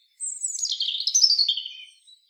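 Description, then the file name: European robin produces one short, high, shimmering phrase that slides gradually downward. "Erithacus rubecula"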